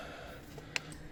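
A second clip on the plastic air filter box lid of a Honda HR-V is pressed shut while someone talks. It gives one sharp snap at 0.8 s, and the clip seats.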